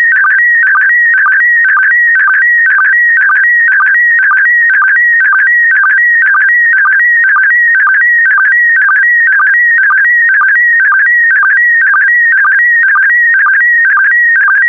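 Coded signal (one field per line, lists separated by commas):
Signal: SSTV (slow-scan television)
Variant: PD120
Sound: warbling tone shifting between a few pitches, with a short low blip twice a second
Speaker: Get ready. Starting transmission in 5, 4, 3, 2, 1. Transmission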